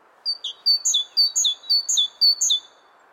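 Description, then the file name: Great tit repeating a bright, see-sawing two-note whistle in rapid succession, about five phrases, against soft low background hiss. "Parus major"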